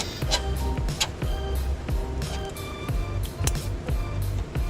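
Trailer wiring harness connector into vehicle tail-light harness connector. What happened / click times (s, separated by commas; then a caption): The plastic connector clicked into place / 3.5 s. A plastic mating connector on a trailer wiring harness, the yellow and brown wire, is plugged into the driver's-side tail-light harness connector of a 2014 Toyota Prius while music plays throughout. Several soft knocks occur, and a sharp click at 3.5 s marks the connector locking in place, fully seated.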